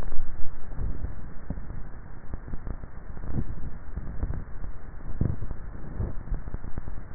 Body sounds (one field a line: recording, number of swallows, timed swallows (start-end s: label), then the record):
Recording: swallowing sounds by neck microphone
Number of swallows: 2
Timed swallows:
0.90-1.87 s: swallow
5.20-6.10 s: swallow
From the record:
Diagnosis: dysphagia